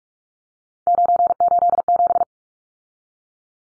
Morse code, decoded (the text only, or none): 987